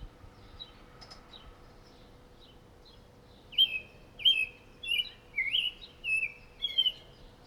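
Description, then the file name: Bird calling with a series of about seven short, high chirps in quick succession after a few quieter seconds, over a faint steady hum. "Bird Call Set Of Three"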